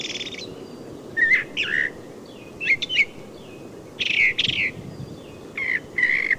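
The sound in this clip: Brown thrasher song of paired and grouped notes, some harsh, some whistled, with a faint low rumble beneath.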